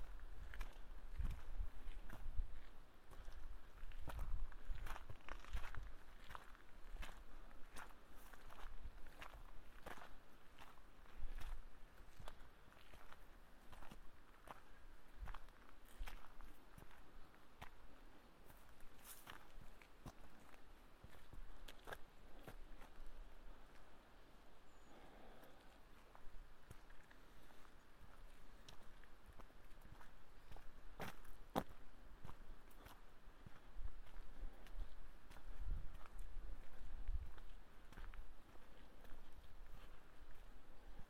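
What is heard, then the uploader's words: Footsteps crunch steadily along a hiking trail, fairly regular, with sharper scuffs and clicks scattered throughout. A low wind rumble runs underneath the whole time, thickening around the start and near the end, with faint outdoor sounds behind. A binaural field recording of hiking the Curecanti Creek Trail near Black Canyon of the Gunnison. The recording starts near the Curecanti Needle, a 700 ft granite spire, and continues as we walked the two mile back up the ravine to the Pioneer Point overlook. It is a strenuous hike with plenty of wind noise.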